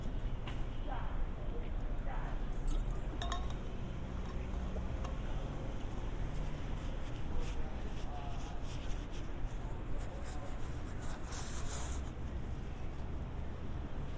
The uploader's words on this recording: Harbor to Apartment. A binaural recording of a walk from the San Diego County Admin Building to my apartment in Golden Hill.